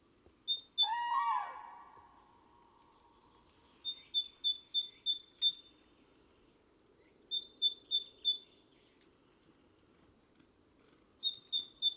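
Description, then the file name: Great tit giving bright, high two-note phrases repeated rapidly in several bursts, with a brief lower sweeping sound near the start and a steady low hum beneath. "Parus major"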